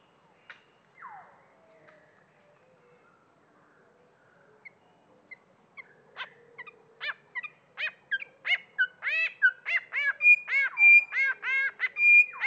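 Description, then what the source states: Grey fantail song opening with a falling sweep and sparse notes, then building into a dense, accelerating stream of bright chips and short whistles. Slowed down.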